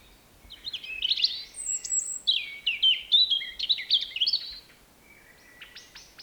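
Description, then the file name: European Robin giving a long, high, liquid phrase of fast, changing whistles and trills for about four seconds, then a few faint, thin notes near the end. "Erithacus rubecula"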